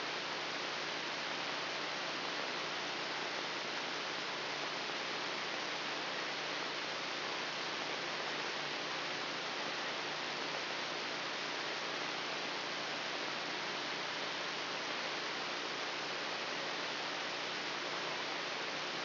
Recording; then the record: brain microelectrode recording played as sound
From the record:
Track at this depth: outside the subthalamic nucleus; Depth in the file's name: 5.305 mm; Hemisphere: left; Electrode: 3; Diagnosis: Parkinson's disease